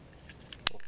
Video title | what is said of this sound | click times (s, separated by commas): Transformers Masterpiece Optimus Primal review by Jazzy | little part here click | 0.7 s